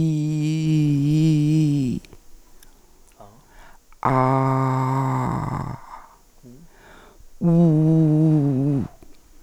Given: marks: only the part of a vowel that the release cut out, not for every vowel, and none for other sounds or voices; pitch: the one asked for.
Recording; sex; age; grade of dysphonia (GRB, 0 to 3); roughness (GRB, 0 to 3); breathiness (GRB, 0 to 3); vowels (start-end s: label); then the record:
sustained vowels; female; 60 to 69 years; 2; 2; 1
0.00-1.76 s: vowel /i/, normal pitch
4.14-5.22 s: vowel /a/, normal pitch
7.57-8.76 s: vowel /u/, normal pitch
From the record:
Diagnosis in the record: Reinke's edema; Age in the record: 62 years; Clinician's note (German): Mäßige Form